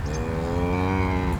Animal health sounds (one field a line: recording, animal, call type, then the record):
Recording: contact call of a hoofed animal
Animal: cattle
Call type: low-frequency (closed-mouth) or high-frequency (open-mouth) call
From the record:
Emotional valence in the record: negative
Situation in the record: full separation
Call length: 1.40 s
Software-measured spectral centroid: 1690 Hz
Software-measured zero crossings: 1110 a second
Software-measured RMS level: -24 dBFS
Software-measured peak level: -11 dBFS